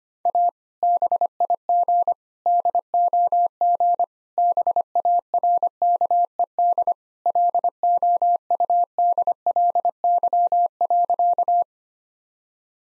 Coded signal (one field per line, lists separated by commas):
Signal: Morse code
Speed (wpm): 25 wpm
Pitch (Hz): 700 Hz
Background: none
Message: A BIG DOG BARKED LOUDLY.